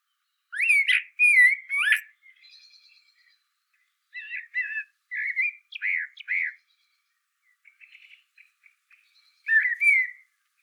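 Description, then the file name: Common blackbird warbling short mellow fluted phrases with thin high twittery notes between, bursts spaced over about ten seconds. "Turdus merula"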